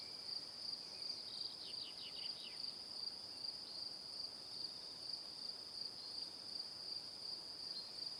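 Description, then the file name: Crickets chirping in a steady, high, pulsed trill, with a brief run of quick descending chirps near the start. Crickets chirping in the evening. "Calm - Evening Crickets"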